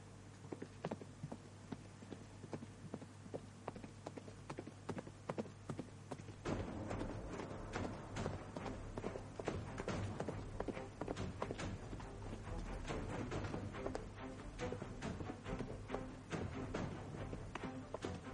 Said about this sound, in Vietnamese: Sau khi rời khỏi Thái Bình Thương Hiệu, hắn ra chợ mua lương khô và túi nước, sau đó leo lên lưng ngựa phi nhanh về hướng Tây. Lúc hoàng hôn thì một người một ngựa tiến vào sa mạc mênh mông, nhìn quanh chỉ thấy cát vàng trải dài đến tận chân trời.